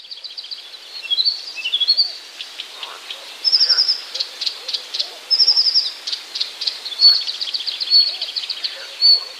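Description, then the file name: Blyth's reed warbler song of varied high phrases, short rattling trills repeated several times, scratchy notes and brief whistles, over a steady background hiss. "acrocephalus dumetorum"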